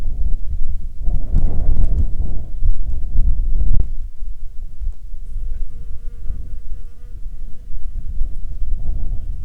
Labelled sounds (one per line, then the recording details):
wind
insects
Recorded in Ivvavik National Park, Yukon, on 15 July 2019 at 13:01
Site SINP03